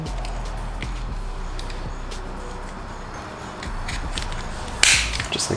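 The pivoting windshield mount is slid onto the body of a Thinkware FA200 dashcam over a steady low background, with faint scraping and light taps as it moves along. A sharp, loud click at 4.8 s marks the mount snapping into place, seated on the dashcam.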